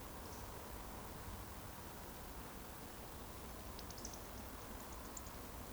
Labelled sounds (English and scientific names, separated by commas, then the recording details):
Eurasian Woodcock (Scolopax rusticola) whistle
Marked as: whistle, whistle
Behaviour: display flight
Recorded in Baden-Württemberg, Germany, on 12 June 2020 at 20:36 UTC
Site 14569, 102 m above sea level